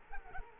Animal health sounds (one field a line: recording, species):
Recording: mosquito wingbeat signal from an infrared sensor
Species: Culex quinquefasciatus